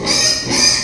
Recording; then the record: squeal of a Yucatan mini pig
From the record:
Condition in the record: before surgery on the right vocal fold (resection and tissue-engineered implant); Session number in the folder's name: 2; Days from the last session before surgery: 0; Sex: male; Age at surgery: 12 weeks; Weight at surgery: 13 kg